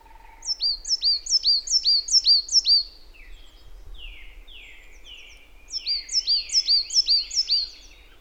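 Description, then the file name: Marsh tit giving a rapid string of about seven sharp, high, falling notes, followed by softer buzzy notes, then a second quick string. "Poecile palustris"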